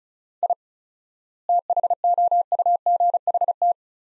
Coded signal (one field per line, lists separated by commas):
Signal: Morse code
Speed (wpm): 36 wpm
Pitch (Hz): 700 Hz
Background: none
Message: I THOUGHT